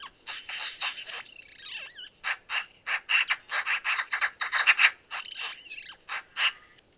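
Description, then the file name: Eurasian magpie giving harsh, rasping chatter notes in irregular bursts, mixed with a few squeaky, sweeping whistles, with the notes bunching into quick runs near the middle. "Pica pica"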